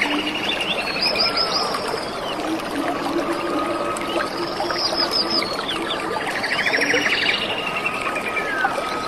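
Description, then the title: Birds trade high arched whistles and a buzzy trill, a long steady whistled tone running across the middle, low repeated notes below, and rushing water throughout. Birds in a rainy forest beside a clear stream. "The pure stream and lovely birds in the rainy forest"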